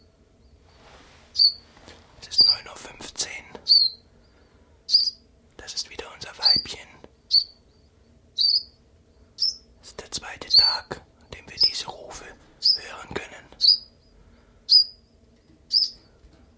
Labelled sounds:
Common Chiffchaff (Phylloscopus collybita)

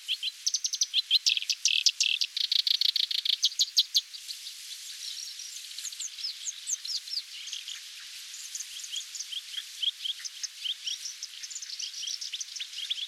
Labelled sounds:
Black-browed Reed Warbler (Acrocephalus bistrigiceps) song

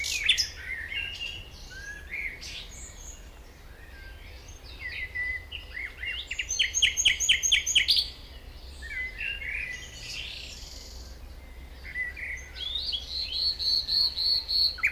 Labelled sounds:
Common Nightingale (Luscinia megarhynchos) song

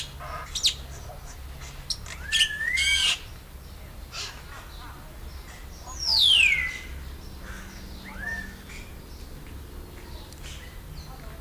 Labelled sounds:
Black-winged Starling (Acridotheres melanopterus) song

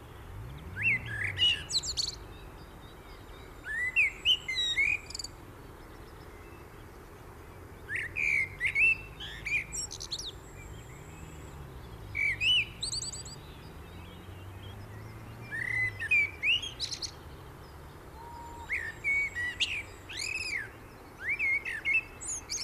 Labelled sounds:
Common Blackbird (Turdus merula) song

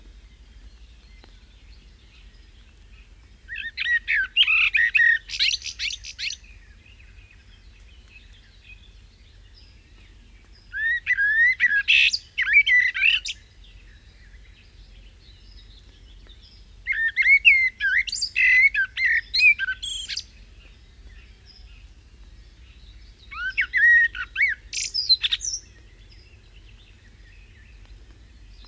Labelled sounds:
Common Blackbird (Turdus merula) song

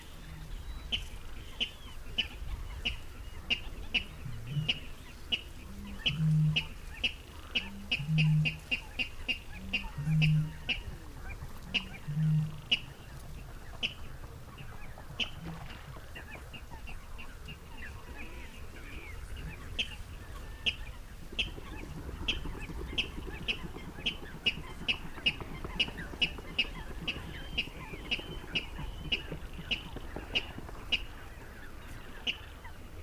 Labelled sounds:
Water Rail (Rallus aquaticus)

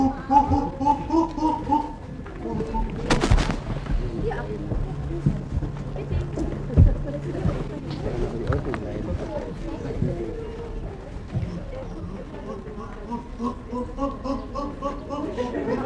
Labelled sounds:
Chimpanzee (Pan troglodytes)

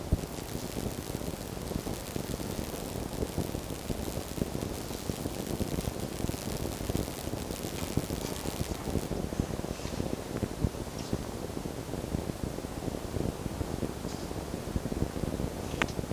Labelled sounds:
Red Fox (Vulpes vulpes)

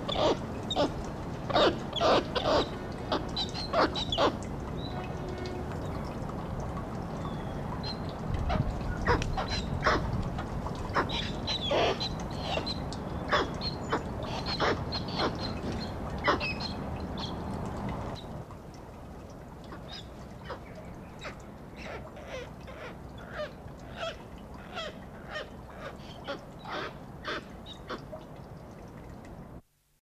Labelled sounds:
Black-legged Kittiwake (Rissa tridactyla) call

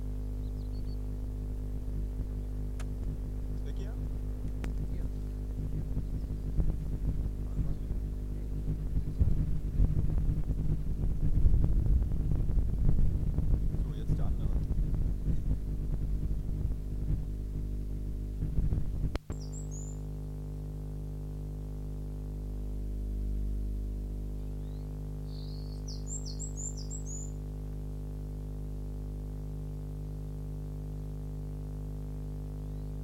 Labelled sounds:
Song Thrush (Turdus philomelos)

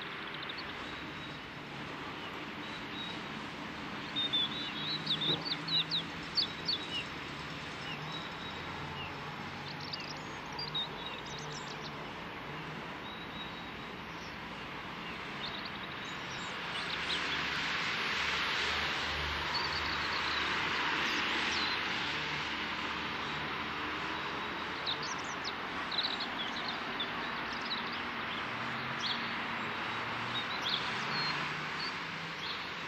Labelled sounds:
European Robin (Erithacus rubecula) song

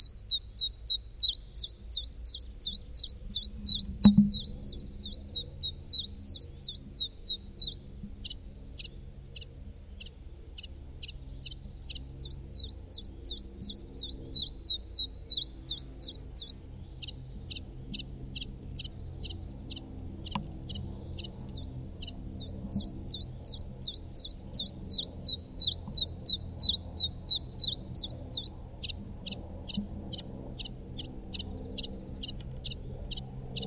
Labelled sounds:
Common Chiffchaff (Phylloscopus collybita) song

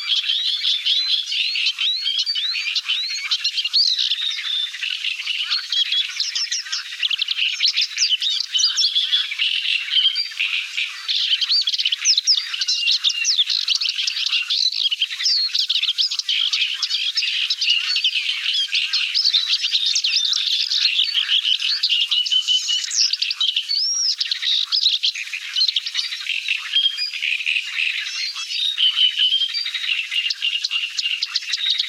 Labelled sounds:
Paddyfield Warbler (Acrocephalus agricola) song

